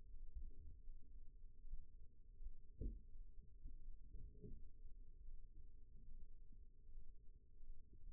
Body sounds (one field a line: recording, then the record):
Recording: forearm muscle sounds (acoustic myography)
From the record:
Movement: rest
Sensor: system 1, eight BSWA MPA416 microphones around the upper forearm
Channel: 8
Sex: male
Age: 20 years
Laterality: left